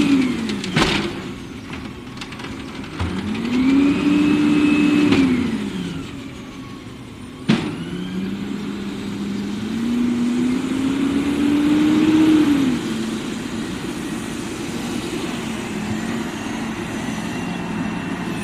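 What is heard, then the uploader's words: A garbage truck's engine rumbles low and steadily, revving up around 4–5 seconds and again near 12 seconds before settling back. Sharp knocks and clanks punctuate the start, with a loud bang at about 7.5 seconds, over a constant mechanical hum. Garbage Trucks.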